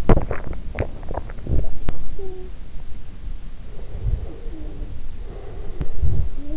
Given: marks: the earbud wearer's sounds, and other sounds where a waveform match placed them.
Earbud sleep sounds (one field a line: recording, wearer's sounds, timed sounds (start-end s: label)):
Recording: sounds in sleep by an in-ear microphone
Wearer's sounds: swallowing, breath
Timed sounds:
0.04-1.99 s: swallowing
1.99-2.68 s: sound from someone else or the room
3.76-6.41 s: breath
4.25-4.89 s: sound from someone else or the room
6.28-6.57 s: sound from someone else or the room